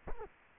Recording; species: mosquito wingbeat signal from an infrared sensor; Culex quinquefasciatus